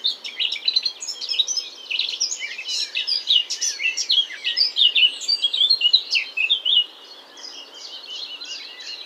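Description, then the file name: Eurasian blackcap pouring out a busy, jumbled warble of bright chirps and twittering phrases, then dropping to quieter notes near the end. "Sylvia atricapilla"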